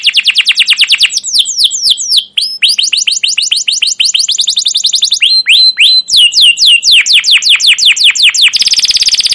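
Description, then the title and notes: Canary song, unbroken: rapid downward-sweeping notes in quick series, shifting pace through varied phrases and ending in a buzzy rattle. Caged canary song used as a lure to train other canaries, described as long, lively chattering for young birds learning sounds. "CUIT CUIT NGEROL LANGSUNG GACOR PANJANG Kenari Ini AMPUH Utk Pancingan KENAR. PANCINGAN Kenari GACOR PANJANG Cuit CUIT EMOSI ini AMPUH utk MASTERAN Kenari PAUD belajar BUNYI. burung kenari"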